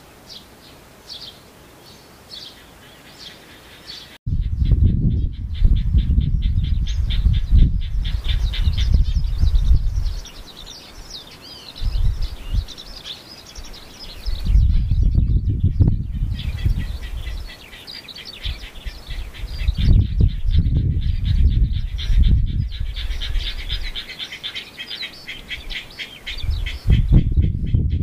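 Birds chirp and twitter steadily throughout, high and busy, with rapid repeated notes. From about four seconds on, heavy low rumbling bursts come and go, strongest around 4–10, 15–17 and 20–23 seconds, partly covering the calls.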